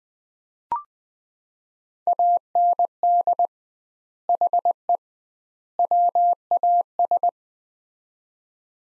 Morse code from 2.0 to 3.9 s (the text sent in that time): AND